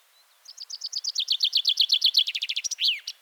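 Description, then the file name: Common chaffinch song, a bright run of repeated falling notes that speeds into a rapid trill and ends with a sharp downward flourish. "Fringilla coelebs"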